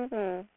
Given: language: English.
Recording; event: throat vibration sensor signal played as sound; speech